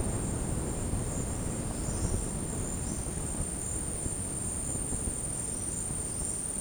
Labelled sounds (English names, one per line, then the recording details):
Palm Tanager
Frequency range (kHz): Palm Tanager 4.4-7.5 kHz
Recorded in dense forest near Puerto Asís, Putumayo, Colombia, on 19 February 2024 at 13:30
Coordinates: 0.486, -76.316
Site G6437